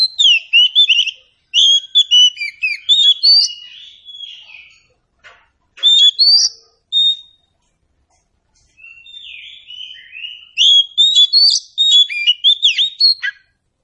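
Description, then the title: Oriental Magpie-Robin song in repeated loud bursts of quick, varied whistles and chirps, broken by short pauses, with one softer drawn-out whistle before the last burst. Meant to prompt a bird to sing in reply. "Nyaut Kacer"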